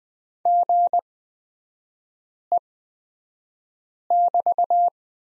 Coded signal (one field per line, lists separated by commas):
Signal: Morse code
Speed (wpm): 20 wpm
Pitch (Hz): 700 Hz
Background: none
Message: GE<BT>